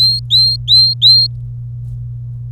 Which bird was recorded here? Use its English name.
Domestic Canary